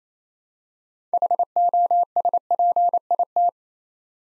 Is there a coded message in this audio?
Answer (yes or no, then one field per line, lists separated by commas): yes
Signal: Morse code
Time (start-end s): 1.1-3.5 s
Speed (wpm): 28 wpm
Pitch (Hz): 700 Hz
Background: none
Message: HOSPIT